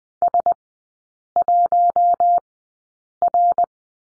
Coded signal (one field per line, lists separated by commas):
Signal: Morse code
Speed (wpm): 20 wpm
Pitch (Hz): 700 Hz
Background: none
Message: S1R